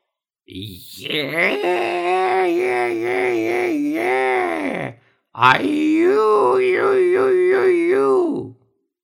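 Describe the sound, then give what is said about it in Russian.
A voice imitates the thin, high-pitched womanish squeal of a wrinkled old shaman, drawn out in two long wavering cries separated by a short pause, loud and strained throughout. “Встав рядом, этот сморщенный старикашка некоторое время молчал, а потом тоненько по бабье завизжал.”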